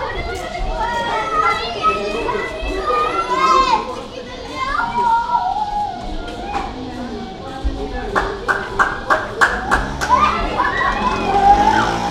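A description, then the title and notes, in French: Near a mosque, children's voices chatter and call out over one another, lively, with several overlapping conversations throughout. From about eight to ten seconds a quick series of sharp claps or taps cuts through the talk, and a low hum runs underneath. Près de la mosquée Baouakhir. Essaouira.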